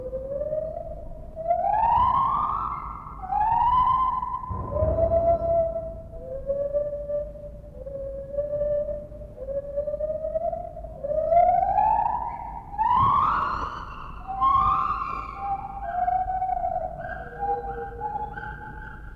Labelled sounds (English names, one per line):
Lar Gibbon